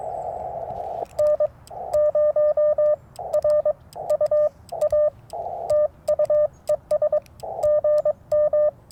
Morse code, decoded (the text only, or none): N0RUA TU ES GM